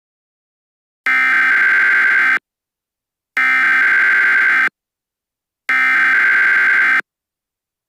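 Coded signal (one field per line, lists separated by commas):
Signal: Emergency Alert System (SAME) tones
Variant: header bursts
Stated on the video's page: Fictional EAS scenario tones.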